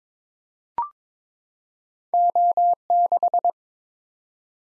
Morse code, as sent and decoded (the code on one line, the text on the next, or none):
--- -....
O6